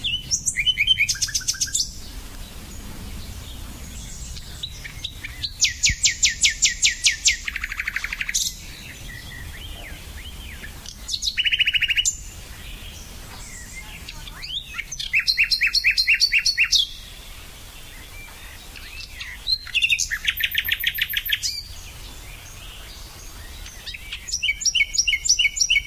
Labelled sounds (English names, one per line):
Common Nightingale song